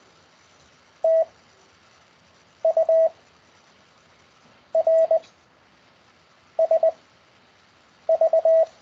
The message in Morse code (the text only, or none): T U R S V